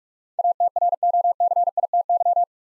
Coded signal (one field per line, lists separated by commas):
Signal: Morse code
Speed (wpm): 46 wpm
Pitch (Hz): 700 Hz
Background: none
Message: ATROCITY